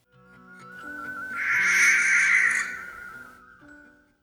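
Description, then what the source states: Barn owl scream: a single harsh, hissing screech that swells and then fades, over steady background music tones. Described as probably the most frightening call of the owl family; nicknamed Dame Blanche; scientific name means white owl.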